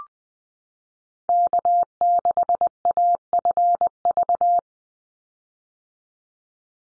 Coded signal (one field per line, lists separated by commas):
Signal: Morse code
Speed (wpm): 20 wpm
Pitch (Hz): 700 Hz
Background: none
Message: K6AFV